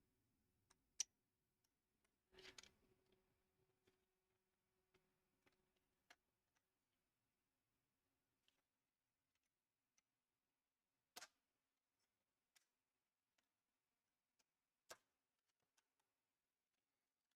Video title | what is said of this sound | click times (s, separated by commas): LEGO Technic Building 42158 NASA Mars Rover Perseverance // Step-by-Step Build & Review // Part 1 | So, four satisfying snaps. | 1.0 s, 2.6 s, 11.2 s, 14.9 s